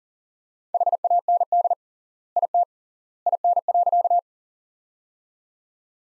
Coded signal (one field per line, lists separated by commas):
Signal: Morse code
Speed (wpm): 38 wpm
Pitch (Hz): 700 Hz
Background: none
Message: HAND IT IN.